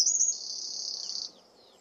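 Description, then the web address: Bird call: one sustained very high, buzzy note lasting just over a second, ending with faint downslurred traces. "Deverinetal 2025 File origin Bird Only"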